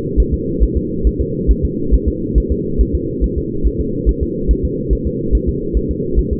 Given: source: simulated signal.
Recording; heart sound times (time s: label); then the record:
fetal heart sounds
0.20 s: S1
0.34 s: S2
0.63 s: S1
0.77 s: S2
1.07 s: S1
1.21 s: S2
1.51 s: S1
1.65 s: S2
1.94 s: S1
2.08 s: S2
2.38 s: S1
2.52 s: S2
2.81 s: S1
2.95 s: S2
3.24 s: S1
3.38 s: S2
3.67 s: S1
3.81 s: S2
4.09 s: S1
4.23 s: S2
4.51 s: S1
4.65 s: S2
4.93 s: S1
5.07 s: S2
5.35 s: S1
5.49 s: S2
5.77 s: S1
5.91 s: S2
6.19 s: S1
6.33 s: S2
From the record:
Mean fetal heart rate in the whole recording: 140 bpm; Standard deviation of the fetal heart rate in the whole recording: 2 bpm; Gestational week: 34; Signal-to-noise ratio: -6.6 dB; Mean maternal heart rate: 72 bpm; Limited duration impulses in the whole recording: present